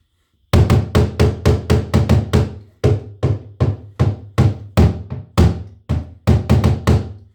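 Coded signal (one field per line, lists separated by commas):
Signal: talking drum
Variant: Ghanaian talking drum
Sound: a quick run of resonant drum strokes, then slower, irregular hits, pitch unclear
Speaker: this is also a talking drum, you know. So when you hear the talking drum, it means maybe the chief is summoning the people around to come and listen to some music or something.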